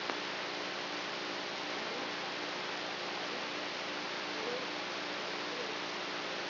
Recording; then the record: brain microelectrode recording played as sound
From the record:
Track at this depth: outside the subthalamic nucleus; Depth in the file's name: 0.407 mm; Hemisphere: right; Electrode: 3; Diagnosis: Parkinson's disease